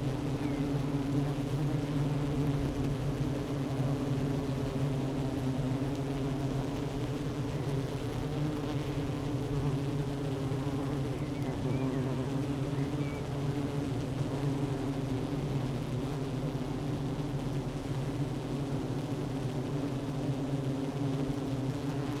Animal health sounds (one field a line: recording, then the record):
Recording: honeybee colony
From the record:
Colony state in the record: active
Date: 12 June 2018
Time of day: 11:08